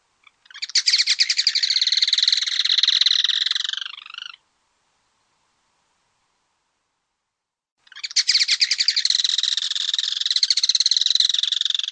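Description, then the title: Yellow-chinned Spinetail rattling song: two long, fast, dry buzzy trills of about four seconds each, separated by a few seconds of silence, the first fading and dropping at its end. Subspecies russeolus. "LuckyPassaro Completos2Sama. Yellow-chinned Spinetail (Certhiaxis cinnamomeus russeolus)"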